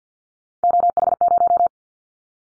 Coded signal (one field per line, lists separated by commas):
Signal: Morse code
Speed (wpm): 51 wpm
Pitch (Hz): 700 Hz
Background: none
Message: OH0